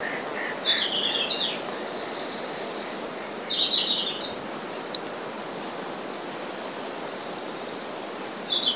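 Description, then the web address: Red-flanked bluetail song: brief bright warbling phrases a few seconds apart, with soft hiss and a faint click between them. "izumino saunndo ruribi"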